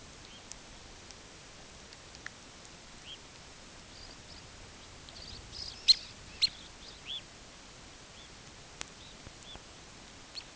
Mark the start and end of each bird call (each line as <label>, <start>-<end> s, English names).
Red Phalarope, 0.07-0.47 s
Red Phalarope, 2.89-3.25 s
Red Phalarope, 3.74-4.53 s
Red Phalarope, 4.87-7.39 s
Red Phalarope, 8.05-8.40 s
Red Phalarope, 8.85-9.75 s
Red Phalarope, 10.16-10.53 s